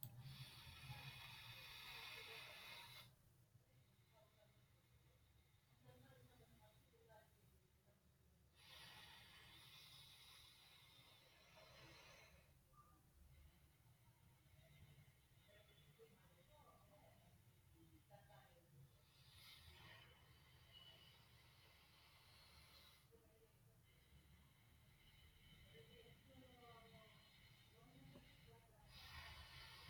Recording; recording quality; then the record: deep breathing; excellent, no background noise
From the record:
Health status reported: healthy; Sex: male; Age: 18 years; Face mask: not worn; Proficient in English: yes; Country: India